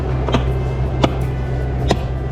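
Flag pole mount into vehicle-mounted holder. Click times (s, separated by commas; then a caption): 1.0 s. A flag pole mount fitting is pushed into its holder on a vehicle while camping, over a steady low hum with a few faint taps around 0.3 s and 1.9 s. A sharp, short click at 1.0 s marks the mount popping into the holder and seating.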